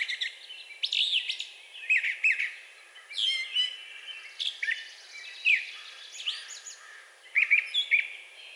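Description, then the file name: Brown thrasher song: assorted crisp, scratchy and whistled phrases delivered in short bursts. Recorded 4 June 2020. "2020-06-04 Brown Thrasher"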